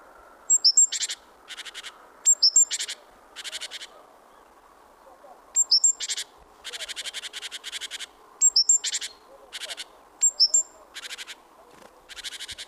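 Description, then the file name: Great tit calls: high piping notes followed by grating, rattling churrs, with softer churring trains between the louder bursts, repeated steadily. "Parus major"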